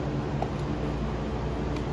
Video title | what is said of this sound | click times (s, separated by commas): Tesla Model X - How to Charge Tesla Model X | adapter and go ahead and snap into place like that | 0.4 s